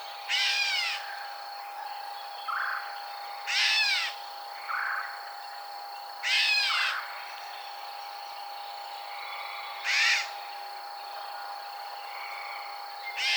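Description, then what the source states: Gray catbird song: short, scratchy, sweeping phrases repeated about every three seconds, with softer lower notes between them, over a steady high hum. Recorded 21 June 2007.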